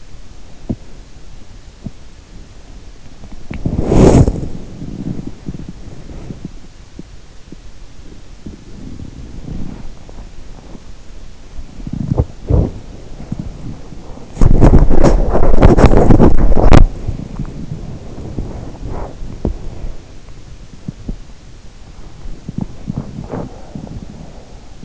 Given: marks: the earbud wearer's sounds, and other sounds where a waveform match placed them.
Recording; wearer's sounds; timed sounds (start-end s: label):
sounds in sleep by an in-ear microphone; body movement
0.67-24.85 s: body movement